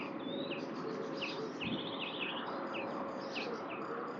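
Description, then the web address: Bird calls: thin, high, falling chirps repeated throughout, against dense steady background noise. "cianscape birddata Deverinetal 2025 Bird Only"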